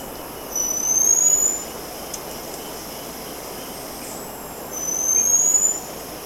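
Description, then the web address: Black-streaked puffbird with two very high, thin, slowly rising whistles about four seconds apart, with steady hiss in the background. Ecuador. "Birds of Ecuador. Black-streaked Puffbird"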